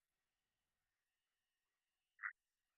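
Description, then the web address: Red-eyed tree frog giving a single short, clipped chack note late against near silence. Call type 2. "Agalychnis-callidryas Tipo-2"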